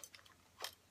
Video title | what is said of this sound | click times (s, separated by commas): Introduction to Digital Photography class 3 | just slip that in there make sure it clicks | 0.6 s